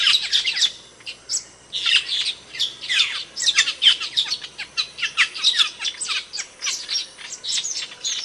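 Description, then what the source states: Bird giving quick, high chattering phrases of sharp chirps and whistles, delivered in rapid repeated bursts. Training song used for teaching caged songbirds.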